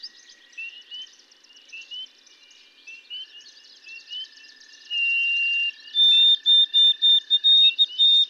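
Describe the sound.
White-throated sparrow song after a stretch of twittering from other birds: a long level whistle, then a quick series of higher repeated whistled notes.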